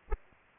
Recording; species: mosquito wingbeat signal from an infrared sensor; Aedes aegypti